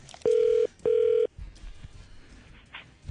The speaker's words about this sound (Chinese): 第一位，睇下佢会唔会听电话咧？